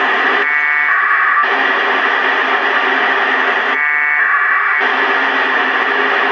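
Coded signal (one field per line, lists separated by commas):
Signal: packet radio (AX.25, as in APRS)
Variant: 1200 baud AFSK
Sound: steady FM hiss broken by two one-second warbling two-tone data bursts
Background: radio static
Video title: f0fvk / reception aprs ISS / 145825 fm le4 /11/2011 15H30 .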